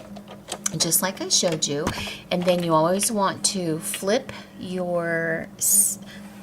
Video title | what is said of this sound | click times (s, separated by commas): Quick Box for Cards | trimmer now this just snaps in place | 0.5 s